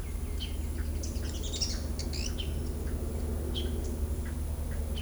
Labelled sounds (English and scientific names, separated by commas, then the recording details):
Pale-eyed Pygmy Tyrant (Atalotriccus pilaris)
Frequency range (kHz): Pale-eyed Pygmy Tyrant (Atalotriccus pilaris) 1.7-9.3 kHz
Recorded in shrubland near Pivijay, Magdalena, Colombia, on 5 June 2023 at 10:30
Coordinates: 10.453, -74.365
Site P5-G022